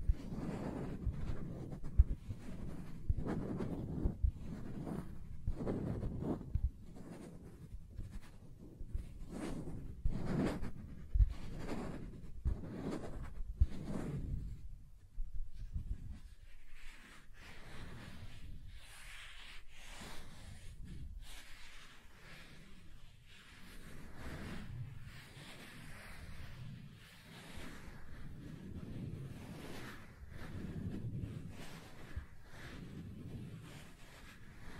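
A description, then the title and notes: Soft tracing strokes drag over a surface in a steady, regular rhythm, each pass a low, muffled swish about once a second for the first fifteen seconds. After a brief pause, the strokes turn lighter and scratchier, with a thin, airy grain. ASMR Soft Tracing on Smooth and Rough Surfaces (No Talking).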